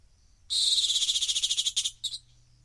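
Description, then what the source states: Rock hyrax producing a long, rapid pulsed rattle of harsh, high notes, followed by two shorter separate bursts. Rock hyrax calling from the edge of a gorge in the Masai Mara.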